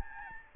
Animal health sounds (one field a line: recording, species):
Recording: mosquito wingbeat signal from an infrared sensor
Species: Aedes albopictus